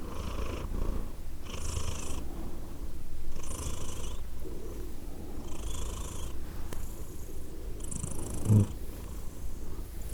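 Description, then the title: Cat purring quietly, a faint low rumble with soft breathy pulses and a brief louder swell near the end. Cat named Edith purring, recorded in Glasgow, Scotland, in December 2023. "Edith purring, Glasgow, Scotland in December 2023 – by Steve Urquhart"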